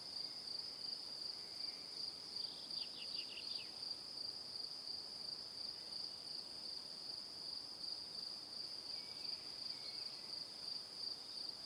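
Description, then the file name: Crickets trill in a continuous high, evenly pulsed chorus; a quick run of descending chirps breaks in early on. "Calm - Evening Crickets"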